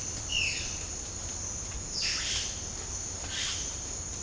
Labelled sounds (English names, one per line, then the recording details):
Violaceous Jay
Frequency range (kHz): Violaceous Jay 0.7-8.0 kHz
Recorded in pastures near Puerto Asís, Putumayo, Colombia, on 30 June 2025 at 07:00
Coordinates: 0.496, -76.326
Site GP01